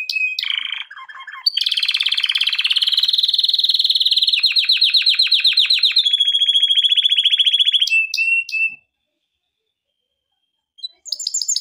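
Canary singing fast rolling trills and a steady high tour for about eight seconds, then falling silent before a brief burst of notes returns.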